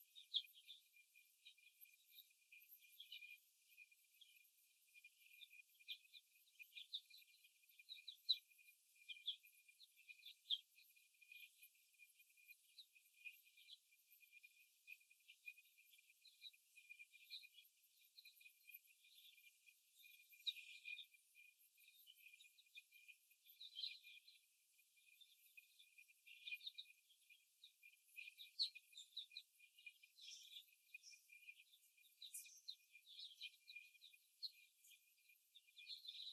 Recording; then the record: young laying hens in a cage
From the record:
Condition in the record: before the stressor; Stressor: simulated dog barking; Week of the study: 1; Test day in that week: 2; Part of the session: 4